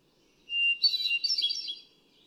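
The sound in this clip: A hermit thrush phrase begins with a steady, clear whistle, then climbs into a fast, fluttering cascade of bright, reedy notes lasting about a second.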